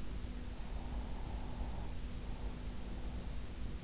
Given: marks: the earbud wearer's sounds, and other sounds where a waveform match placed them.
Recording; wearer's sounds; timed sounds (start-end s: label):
sounds in sleep by an in-ear microphone; breath
1.06-3.06 s: breath